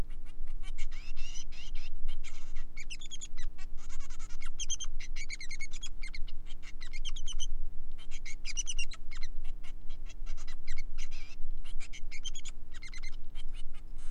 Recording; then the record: song of a male Bengalese finch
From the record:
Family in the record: son of father 3